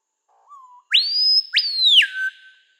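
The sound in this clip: Screaming piha call: a soft low whistled lead-in, then two explosive ringing whistles sweeping sharply upward, the second sliding down to a lower held tone.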